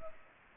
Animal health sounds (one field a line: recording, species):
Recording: mosquito wingbeat signal from an infrared sensor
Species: Culex pipiens